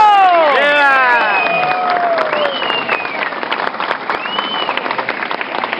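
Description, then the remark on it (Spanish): A crowd applauds loudly with dense, steady clapping, while high-pitched shouts and whoops rise over it at the start, then the cheering thins as the clapping continues. “Bueno, nuevamente el aplauso grande.”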